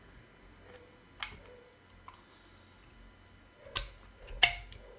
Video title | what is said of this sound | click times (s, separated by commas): Monday New Arrivals #AmazonLive | okay you heard that click it's fixed | 4.4 s